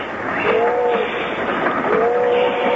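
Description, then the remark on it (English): A moving train rumbles steadily over the rails, a loud continuous roar with two brief squealing tones rising above it, and no voices. “I love to eat on trains, don't you?”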